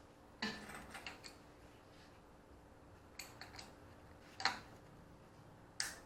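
A bolt is tightened into the aluminum engine casting of a 2007 Subaru Impreza 2.5i SOHC engine during a rebuild. A few short metallic ticks and scrapes are heard near 0.4 s and 4.5 s, then a sharp snap at 5.8 s. The thread lets go and strips out of the aluminum.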